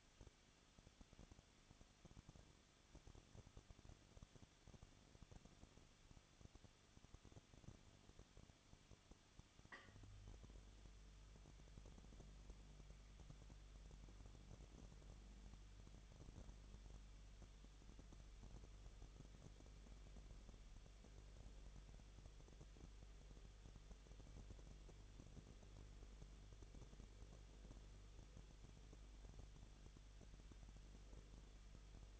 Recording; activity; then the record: daily activity, microphone in the room; no activity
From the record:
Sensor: 4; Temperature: 23.0 degrees Celsius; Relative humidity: 34.3%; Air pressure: 1007.3 hPa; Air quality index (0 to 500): 217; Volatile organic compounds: 15 ppm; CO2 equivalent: 2512 ppm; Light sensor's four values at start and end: 2/3/1/1 and 2/3/1/1